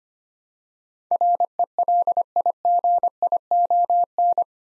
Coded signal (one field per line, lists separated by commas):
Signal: Morse code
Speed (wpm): 25 wpm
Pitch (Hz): 700 Hz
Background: none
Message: RELIGION